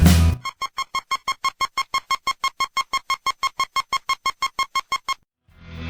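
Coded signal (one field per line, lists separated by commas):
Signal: none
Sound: music notes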